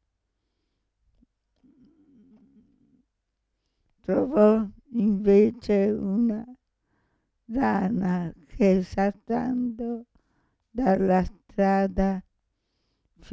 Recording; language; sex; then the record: read passage; Italian; female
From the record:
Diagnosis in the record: Parkinson's disease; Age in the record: 65 years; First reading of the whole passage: 242 s, 2.1 characters per second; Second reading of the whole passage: 180 s, 2.9 characters per second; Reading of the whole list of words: 168 s, 1.7 characters per second